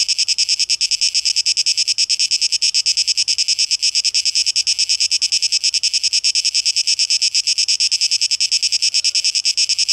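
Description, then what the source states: Cicadas buzzing, a harsh high drone pulsing steadily about three times per second without a break. Cicadas, 12 August 2023; tape echo mix.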